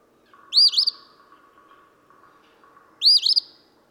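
Eastern phoebe song: two loud, raspy two-part phrases about two and a half seconds apart, with a steady low hum beneath.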